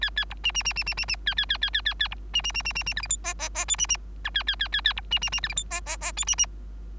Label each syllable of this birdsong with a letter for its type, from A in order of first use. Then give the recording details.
A A B C C C C C C C A A A A A A A B C C C C C C D E F G G G H C C I A A A A A B C C C D E F G G G H C C. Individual Bird3